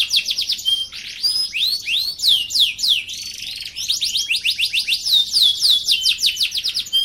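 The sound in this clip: Bird giving rapid, high-pitched song of sweeping slurred notes and dense chattering trills, interspersed with short pure whistles, continuous throughout.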